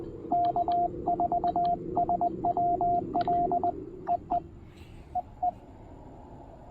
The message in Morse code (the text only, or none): K4SWL EE EE